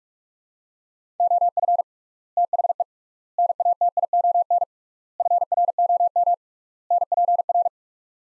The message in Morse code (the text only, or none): OF THE NATION FROM NPR